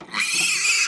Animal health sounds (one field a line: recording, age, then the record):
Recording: pig call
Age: piglet (1 to 25 days)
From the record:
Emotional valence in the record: negative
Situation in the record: castration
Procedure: castration, shear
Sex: male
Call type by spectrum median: high-frequency call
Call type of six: high-frequency modulated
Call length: 0.88 s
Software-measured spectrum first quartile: 2454 Hz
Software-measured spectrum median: 4033 Hz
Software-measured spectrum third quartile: 6517 Hz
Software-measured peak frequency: 2553 Hz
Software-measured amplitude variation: 124 dB a second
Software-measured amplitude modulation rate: 20.5 a second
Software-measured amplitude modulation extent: 6.0 dB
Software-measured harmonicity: 3.1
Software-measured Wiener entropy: -2.11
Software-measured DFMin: 936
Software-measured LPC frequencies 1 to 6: 1266, 2518, 4402, 5009, 6184, 7198 Hz